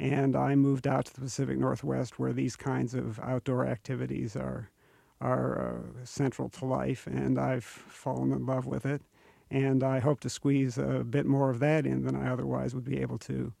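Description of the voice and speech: Adult man talks fluently in a creaky, gravelly voice with drawn-out fillers. The gravelly voice is the most noticeable symptom of his Parkinson's disease, which was diagnosed about eight years earlier.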